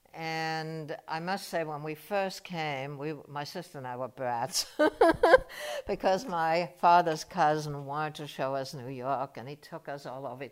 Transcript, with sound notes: And I must say, when we first came, we — my sister and I were brats. [laughs] Because my father's cousin wanted to show us New York, and he took us all over.